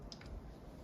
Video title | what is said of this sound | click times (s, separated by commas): Gasmate butane torch review | it goes on you twist it and it locks in place it's really that simple now | 0.1 s